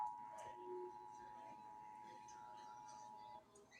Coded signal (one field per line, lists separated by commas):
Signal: Emergency Alert System (SAME) tones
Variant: 853 and 960 Hz attention tone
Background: speech, music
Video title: EAS alarm made from me or a e EAS alarm made from someone else